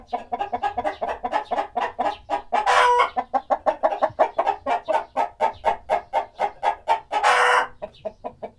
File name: chickens clucking with birds in the background